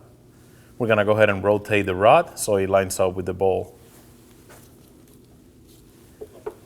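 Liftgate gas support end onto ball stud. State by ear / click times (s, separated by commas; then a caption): not seated / none. On a 2017–2024 Nissan Armada, the other end of a liftgate gas support rod is rotated to line up with the ball stud while someone talks. Only faint handling noises follow near the end. Nothing has clicked or seated onto the ball stud yet.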